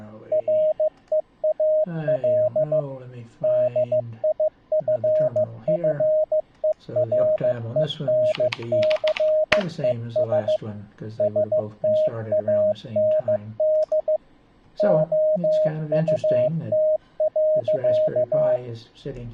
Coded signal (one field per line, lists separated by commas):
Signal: Morse code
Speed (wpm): 15 wpm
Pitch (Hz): 620 Hz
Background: speech, radio noise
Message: REAL DIFFERENCES STAND OUT.